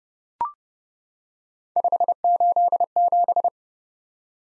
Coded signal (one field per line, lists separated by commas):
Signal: Morse code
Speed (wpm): 30 wpm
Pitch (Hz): 700 Hz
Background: none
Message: 587